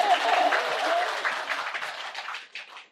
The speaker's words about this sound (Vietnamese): À, giỏi cho tràng pháo tay ấy.